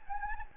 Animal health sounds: mosquito wingbeat signal from an infrared sensor; Anopheles gambiae

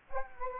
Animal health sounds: mosquito wingbeat signal from an infrared sensor; Anopheles gambiae

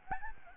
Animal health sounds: mosquito wingbeat signal from an infrared sensor; Aedes albopictus

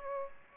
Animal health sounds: mosquito wingbeat signal from an infrared sensor; Aedes aegypti

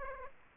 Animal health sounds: mosquito wingbeat signal from an infrared sensor; Aedes aegypti

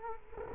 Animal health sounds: mosquito wingbeat signal from an infrared sensor; Culex quinquefasciatus

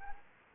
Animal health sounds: mosquito wingbeat signal from an infrared sensor; Anopheles arabiensis

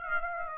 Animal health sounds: mosquito wingbeat signal from an infrared sensor; Aedes aegypti

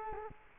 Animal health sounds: mosquito wingbeat signal from an infrared sensor; Culex quinquefasciatus

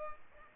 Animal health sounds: mosquito wingbeat signal from an infrared sensor; Culex pipiens

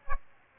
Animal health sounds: mosquito wingbeat signal from an infrared sensor; Aedes aegypti

